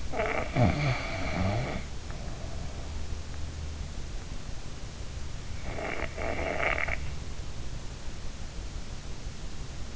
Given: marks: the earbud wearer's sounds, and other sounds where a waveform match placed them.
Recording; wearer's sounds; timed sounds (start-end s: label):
sounds in sleep by an in-ear microphone; snoring breath
0.00-3.30 s: snoring breath
5.59-7.11 s: snoring breath